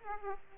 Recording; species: mosquito wingbeat signal from an infrared sensor; Aedes aegypti